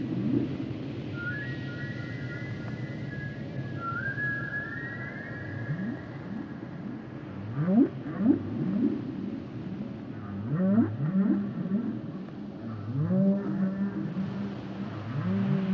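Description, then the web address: Whale song: thin high whistled tones drift and rise early, then low rising whoops with harmonics come in irregular clusters over a constant low rumble. "Whale Songs Whales and Dolphins - whale nature sounds songs"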